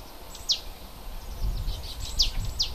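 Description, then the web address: Bird giving crisp high descending notes, one early then two close together, over a quiet low rumbling background. Native forest bird, recorded in February. "oeko wald- vogel februar vogel heimisch"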